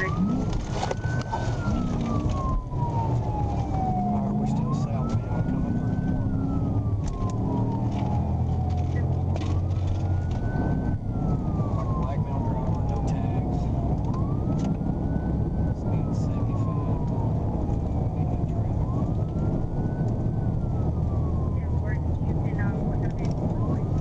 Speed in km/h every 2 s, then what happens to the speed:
44, 61, 74, 98, 111, 118, 121, 130, 134, 143, 150, 153.
0-24 speeds up to 153.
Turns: none.